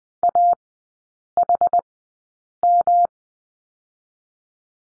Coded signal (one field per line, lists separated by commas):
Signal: Morse code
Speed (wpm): 19 wpm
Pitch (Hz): 700 Hz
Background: none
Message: AHM